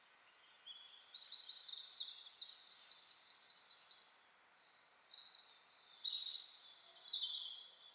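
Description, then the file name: Eurasian wren song: a fast run of high piercing notes building into a rapid rattling trill, followed by quieter jumbled warbling phrases. "Troglodytes troglodytes"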